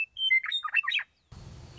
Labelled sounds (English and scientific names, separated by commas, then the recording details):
Western Meadowlark (Sturnella neglecta)
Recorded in Sonoma County, California